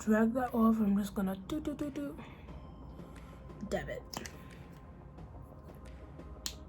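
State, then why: Seated. Someone talks while dabbing on makeup, then closes the plastic cap on the cosmetic container. The cap snaps shut with a sharp, short click at 6.5 seconds, and it is seated.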